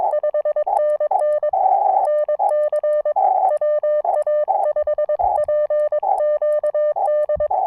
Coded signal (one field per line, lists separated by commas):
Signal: Morse code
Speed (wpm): 22 wpm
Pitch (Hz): 3000 Hz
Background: none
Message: 5NN NC WA5PQD